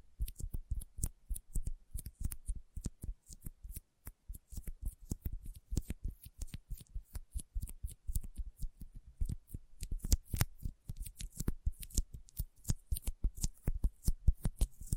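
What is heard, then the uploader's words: Sticky finger sounds: rapid, wet clicks and smacks as fingers pull apart, packed densely with short gaps between bursts. The snaps are crisp and bright, coming several per second without a steady rhythm, with a brief pause around the four-second mark. ASMR Intense Sticky Finger Sounds (No Talking).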